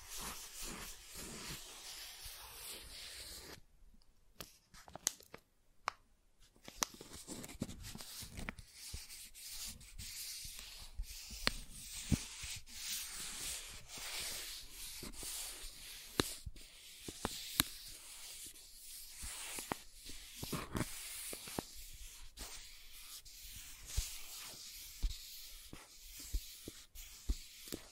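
Soft tracing rubs steadily across a surface, a hissy scratching with frequent sharp clicks, pausing briefly near five seconds before resuming.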